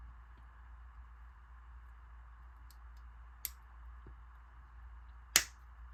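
An Injora flex blade suspension part is pressed into its plastic mount on a small SCX24 RC crawler chassis; it is hard to start but then goes in. Faint ticks and a sharper click near 3.5 s sit over a steady low hum. A loud, sharp pop at 5.4 s marks the part seating in place.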